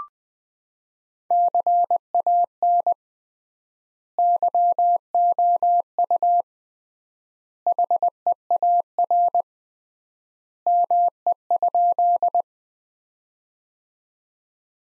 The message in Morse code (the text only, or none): CAN YOU HEAR ME?